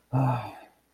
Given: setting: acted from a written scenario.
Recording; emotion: vocal sound without words; anger